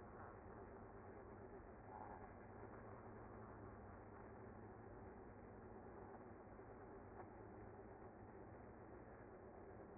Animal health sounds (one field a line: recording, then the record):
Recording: honeybee colony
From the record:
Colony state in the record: active